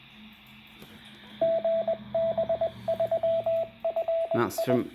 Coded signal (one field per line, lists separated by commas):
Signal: Morse code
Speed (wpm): 21 wpm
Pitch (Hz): 660 Hz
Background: speech, radio noise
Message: GB3FI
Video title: HAM RADIO -What is a repeater ?? - Let's programme a radio and test